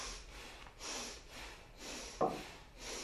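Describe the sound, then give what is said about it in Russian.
Rapid, forceful bhastrika bellows breathing: a steady rhythm of sharp, noisy nasal exhales, roughly five in three seconds, with no talking and a brief click partway through. “Тоже уже привыкайте к бхастрику дышать достаточно долго, чтобы у вас ощущение, что вы бесконечно долго можете дышать к бхастрику.”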